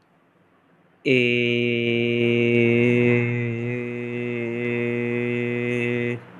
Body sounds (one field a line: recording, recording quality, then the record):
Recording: sustained vowel as in made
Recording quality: excellent, no background noise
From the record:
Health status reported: COVID-19 positive, mild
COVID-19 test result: positive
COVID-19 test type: RT-PCR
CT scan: not taken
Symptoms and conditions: cold, loss of smell and taste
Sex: male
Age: 21 years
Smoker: no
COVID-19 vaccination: both doses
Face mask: not worn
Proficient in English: yes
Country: India